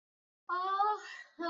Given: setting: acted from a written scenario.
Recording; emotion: vocal sound without words; pride